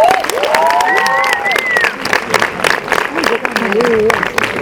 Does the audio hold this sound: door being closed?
no